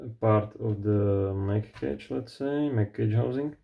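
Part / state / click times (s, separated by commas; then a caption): 3D printed motor grip into the mag cage housing of an airsoft rifle conversion / not seated / none. A 3D printed plastic motor grip for an airsoft AK74 conversion is being handled, with the small lip on its front going under the original mag cage housing. Someone talks throughout, and nothing has seated or clicked into the mag cage housing yet.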